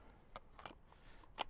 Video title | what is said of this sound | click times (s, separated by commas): Sigma 105mm 2.8 EX Macro Lens Review - More Than a Macro Lens | fits nice in there nice solid click doesn't really fall off protects the | 1.4 s